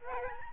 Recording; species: mosquito wingbeat signal from an infrared sensor; Aedes albopictus